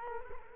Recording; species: mosquito wingbeat signal from an infrared sensor; Culex quinquefasciatus